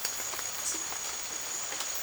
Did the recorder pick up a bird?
no